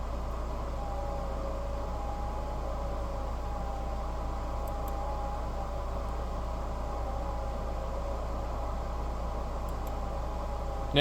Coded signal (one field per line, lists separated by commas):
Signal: FT8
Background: speech